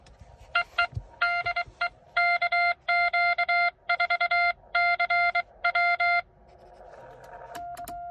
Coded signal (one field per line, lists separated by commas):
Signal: Morse code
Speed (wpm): 23 wpm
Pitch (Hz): 2100 Hz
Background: none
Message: EE DE KQ4CW